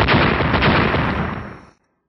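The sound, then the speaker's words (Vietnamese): Two loud, booming explosive blasts erupt suddenly in quick succession, swelling into a rough, full-bodied roar before cutting off abruptly after under two seconds. No voices are present. “Hai tiếng nổ mạnh liên tiếp vang lên.”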